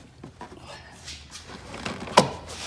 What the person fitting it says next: it just finally all clicked into place.